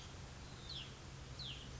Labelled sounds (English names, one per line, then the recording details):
Hutton's Vireo
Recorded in Sonoma County, California